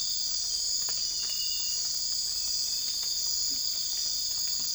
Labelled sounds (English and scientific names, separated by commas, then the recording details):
none
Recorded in secondary vegetation near Puerto Asís, Putumayo, Colombia, on 20 December 2024 at 01:30
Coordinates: 0.484, -76.319
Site GP06